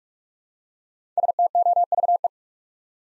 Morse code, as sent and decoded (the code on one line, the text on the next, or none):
... - --- ...- .
STOVE